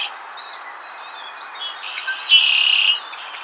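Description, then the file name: Red-winged Blackbird, one loud harsh buzzy trill lasting about half a second near the end, with faint chirps before it. "Agelaius phoeniceus - Red-winged Blackbird"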